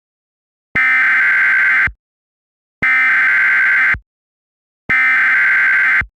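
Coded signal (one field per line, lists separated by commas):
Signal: Emergency Alert System (SAME) tones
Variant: header bursts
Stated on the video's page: Fictional, deliberately ridiculous EAS scenario, not a real alert.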